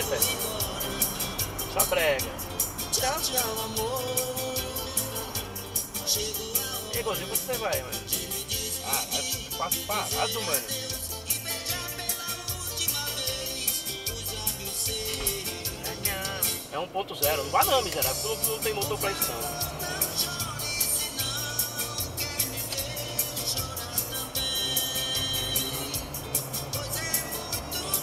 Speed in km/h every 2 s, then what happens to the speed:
108, 75, 61, 46, 42, 37, 41, 50, 64, 74, 81, 89, 97, 103.
0-9 brakes to 37. 9-28 speeds up to 103.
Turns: none.